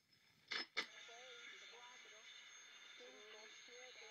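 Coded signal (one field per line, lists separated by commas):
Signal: numbers station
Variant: HM01, Spanish voice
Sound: two short static crashes, then a faint distant voice speaking under steady hiss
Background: radio static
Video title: Numbers Station HM01 S06s 11635khz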